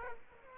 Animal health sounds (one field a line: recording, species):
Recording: mosquito wingbeat signal from an infrared sensor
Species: Aedes aegypti